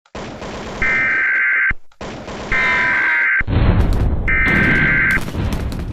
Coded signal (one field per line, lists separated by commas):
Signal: Emergency Alert System (SAME) tones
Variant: header bursts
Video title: EAS Scenario 2: Teenage Outlaws